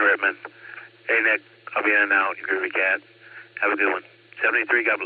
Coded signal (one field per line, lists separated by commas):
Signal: Emergency Alert System (SAME) tones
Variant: header bursts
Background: speech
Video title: Silvercreek Amateur Radio Assoc. 2 meter net 147.39+ 114.8 PL 8:00PM, 6-3-25